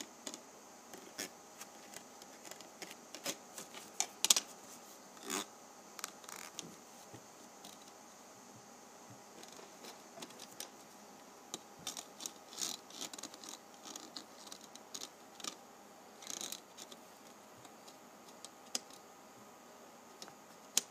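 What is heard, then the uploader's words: Dry scratching and clicking as a penny's ridged edge is rubbed, with quick bursts of bright ticks in irregular runs. A sharper, louder click lands around four seconds. Beneath it all sits a faint, steady hiss. ASMR Penny Ridge Rubbing.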